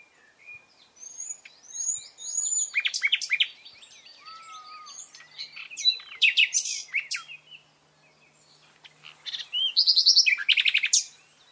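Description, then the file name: Common nightingale song: varied phrases of pure whistles, rapid buzzy trills and sharp clicking notes, ending in a loud fast rattle of repeated notes. "Luscinia megarhynchos"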